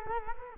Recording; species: mosquito wingbeat signal from an infrared sensor; Culex quinquefasciatus